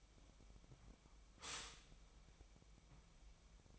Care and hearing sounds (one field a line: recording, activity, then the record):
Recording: daily activity, microphone in the room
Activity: stop toaster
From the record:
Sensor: 1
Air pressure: 1002.0 hPa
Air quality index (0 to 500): 239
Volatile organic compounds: 43 ppm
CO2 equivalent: 3198 ppm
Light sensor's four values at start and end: 10/35/12/14 and 10/35/12/14